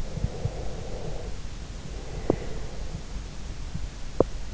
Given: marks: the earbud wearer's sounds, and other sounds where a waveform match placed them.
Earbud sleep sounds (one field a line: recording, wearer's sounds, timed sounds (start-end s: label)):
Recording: sounds in sleep by an in-ear microphone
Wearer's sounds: breath, teeth grinding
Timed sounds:
0.02-1.22 s: breath
1.74-3.36 s: breath
1.97-2.39 s: teeth grinding
3.88-4.21 s: teeth grinding